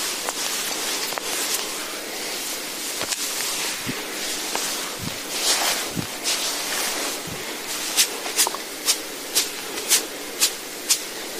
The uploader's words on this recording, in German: Das rhythmische Gleiten und Kneten. Klänge der Massageinstrumente. Sanfte Massageklänge.